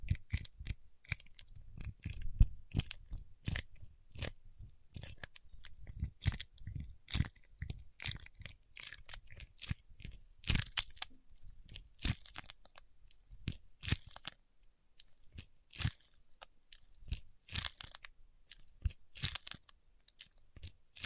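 Paraffin wax being worked by hand, with sharp crunchy cracks and taps arriving in quick irregular bursts through the whole stretch. Softer scraping and crackling fills the gaps, and a faint low thud sits under many of the snaps.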